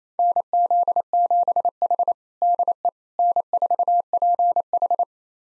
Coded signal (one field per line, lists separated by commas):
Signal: Morse code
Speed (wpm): 28 wpm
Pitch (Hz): 700 Hz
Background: none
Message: NZ7H DE N4PH